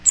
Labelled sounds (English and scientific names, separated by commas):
Cape May Warbler (Setophaga tigrina) flight call